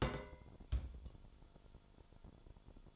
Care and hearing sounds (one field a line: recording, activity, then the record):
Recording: daily activity, microphone in the room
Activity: place on stove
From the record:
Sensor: 5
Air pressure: 1008.2 hPa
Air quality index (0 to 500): 126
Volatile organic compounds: 1 ppm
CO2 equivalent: 968 ppm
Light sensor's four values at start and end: 27/58/25/25 and 27/57/24/25